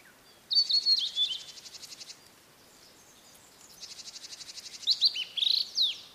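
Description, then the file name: Blue-and-white flycatcher song, bright high whistles mixed with long rapid buzzy pulsed trills, two bursts separated by a pause of about two seconds. "oruri"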